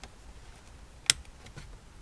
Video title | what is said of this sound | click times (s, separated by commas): How to replace, Toyota Camry Brake light bulb. | did you hear that click there you go | 1.1 s